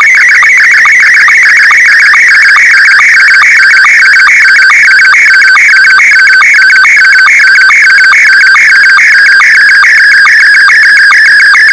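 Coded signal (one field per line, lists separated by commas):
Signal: SSTV (slow-scan television)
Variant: Scottie 1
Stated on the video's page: Shortwave pirate station SSTV image received on 6930 kHz USB with a Perseus SDR in west Michigan.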